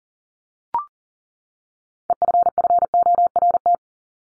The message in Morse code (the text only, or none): EFFORT